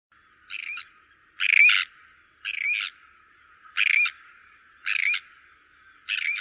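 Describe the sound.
Bird uttering six raspy, buzzy squawks about one per second, each note brief and harsh, with no other clear sounds.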